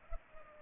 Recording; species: mosquito wingbeat signal from an infrared sensor; Culex pipiens